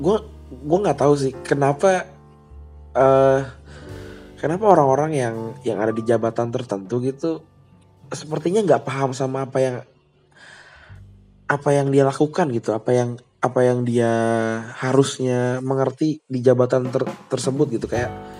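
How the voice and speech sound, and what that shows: An adult man speaking Indonesian with whole-word and phrase repetitions, a part-word repetition, drawn-out sounds and long pauses: mild stuttering.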